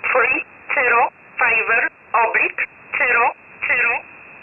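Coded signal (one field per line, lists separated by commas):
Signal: numbers station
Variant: E11 Oblique, English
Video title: 04 06 2021 Number station E11 Oblique in English to Eu 1000 on 12153 unknown tx site in USB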